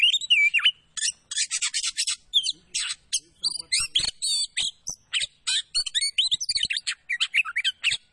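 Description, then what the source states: Oriental magpie-robin song, a rapid, vigorous stream of varied whistles, chirps and rasping notes, continuous and high-pitched with barely a pause. Singing vigorously (gacor); kacer poci type.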